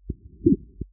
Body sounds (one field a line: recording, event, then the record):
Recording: neck accelerometer signal played as sound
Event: voluntary cough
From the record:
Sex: male